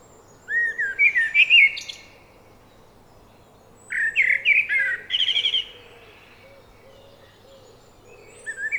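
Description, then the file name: Common blackbird song: two fluty, warbled phrases, each ending in high squeaky twitters, with a quiet pause between them. A third phrase begins at the end. "Turdus merula"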